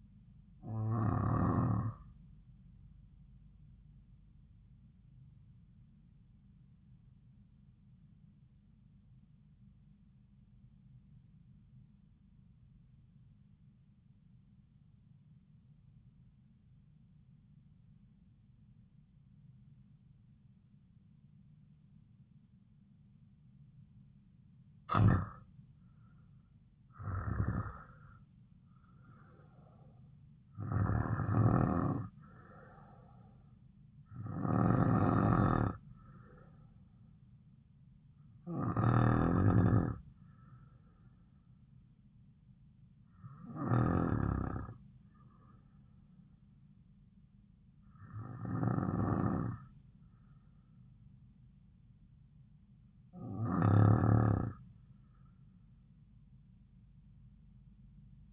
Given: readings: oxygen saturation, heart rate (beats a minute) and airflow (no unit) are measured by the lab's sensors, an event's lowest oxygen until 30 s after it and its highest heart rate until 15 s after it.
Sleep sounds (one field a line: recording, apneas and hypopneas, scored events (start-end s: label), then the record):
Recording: breathing in sleep by a smartphone at the bedside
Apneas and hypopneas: 1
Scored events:
11.00-25.50 s: obstructive apnea (REM, oxygen 95% highest, then 87% lowest)
From the record:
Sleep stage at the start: REM sleep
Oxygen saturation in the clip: 87 to 96%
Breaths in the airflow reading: 10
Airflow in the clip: -5.5 to 6.1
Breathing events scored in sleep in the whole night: 270 in 6.1 hours asleep